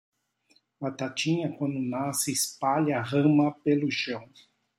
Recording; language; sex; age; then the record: short text; Brazilian Portuguese; male; 50 to 59 years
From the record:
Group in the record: control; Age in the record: 54 years